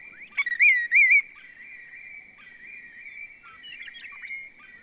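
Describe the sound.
Willet call: one loud ringing phrase of slurred notes near the start, then only faint, scattered calls in a quiet background.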